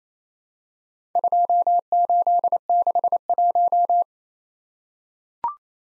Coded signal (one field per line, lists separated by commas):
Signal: Morse code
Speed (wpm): 27 wpm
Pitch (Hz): 700 Hz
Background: none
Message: 2861